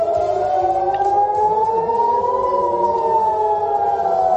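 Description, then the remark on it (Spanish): Civil defense air raid sirens wail steadily in Tel Aviv, their loud, sustained tones slowly rising and falling in pitch and overlapping one another without pause. “Y en ciudades como Tel Aviv, el sonido de las sirenas no cesa.”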